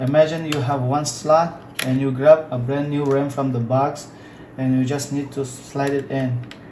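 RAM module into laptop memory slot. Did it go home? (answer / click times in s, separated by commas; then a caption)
no / none. Someone talks while a brand-new RAM module, taken from its box, is handled for sliding into the memory slot of a Dell Precision 3570 laptop, with faint handling noises under the voice. Nothing has seated or clicked yet.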